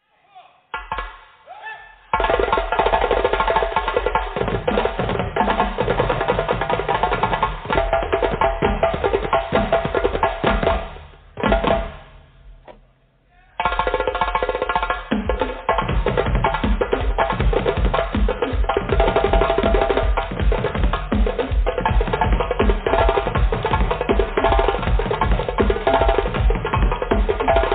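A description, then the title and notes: Drumming kicks in after a quiet start of about two seconds, dense and loud, with hits packed closely together and a dull, muffled top end. Around the eleven-second mark it drops away briefly, then returns at full strength near thirteen seconds and keeps pounding to the end. Drumming.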